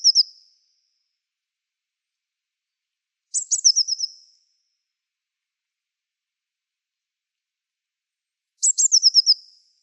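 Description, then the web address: Bird calls: three short bursts of rapid, high, descending chirps with long silent gaps between. "Bird Only"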